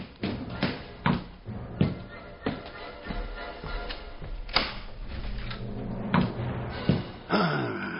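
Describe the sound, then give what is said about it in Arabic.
A back door in the stage play The Fox is handled with a series of wooden thuds and knocks at uneven intervals, ending in a creak and a thump as it opens and shuts while someone leaves. No one speaks. “سأغادر أنا من الباب الخلفي، لا أريد لأحد أن يراني هنا.”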